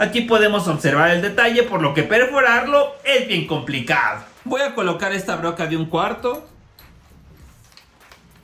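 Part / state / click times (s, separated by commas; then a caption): drill bit into cordless hammer drill chuck / not seated / none. Someone talks for about the first 6.5 seconds while a 1/4-inch masonry bit is being fitted into the chuck of a Bosch GSB 18V-150C cordless hammer drill. After that, only faint handling noises are heard, with small short sounds near 6.8, 7.7 and 8.1 seconds. The bit has not yet seated or clicked into the chuck.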